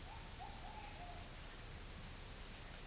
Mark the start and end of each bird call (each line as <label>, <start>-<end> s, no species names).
bird call, 0.36-1.27 s